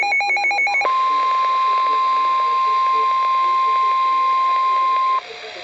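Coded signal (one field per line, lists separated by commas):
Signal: Emergency Alert System (SAME) tones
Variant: 1050 Hz attention tone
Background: speech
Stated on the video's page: Real NOAA Weather Radio EAS alert for a severe thunderstorm warning, with talking in the background.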